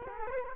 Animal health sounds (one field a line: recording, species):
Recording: mosquito wingbeat signal from an infrared sensor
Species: Culex quinquefasciatus